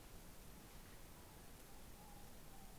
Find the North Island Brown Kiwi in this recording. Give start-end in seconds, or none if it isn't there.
none